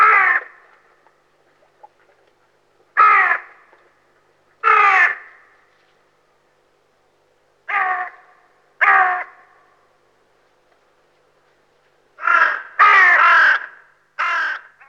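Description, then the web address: Hooded crow giving harsh, hoarse caws, single calls spaced a few seconds apart, then a quicker run of three or four caws near the end. "Varis. nauhalaisen aanimaailmat"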